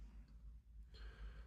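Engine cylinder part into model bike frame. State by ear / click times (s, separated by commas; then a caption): not seated / none. A printed engine cylinder is turned so its exhaust port faces down and is lined up over its socket in a model bike frame before being pushed in. Only low, steady handling noise and a soft breathy hiss are heard, with the hiss growing a little brighter after about 1.0 s. Nothing has seated or clicked yet.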